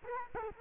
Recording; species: mosquito wingbeat signal from an infrared sensor; Culex quinquefasciatus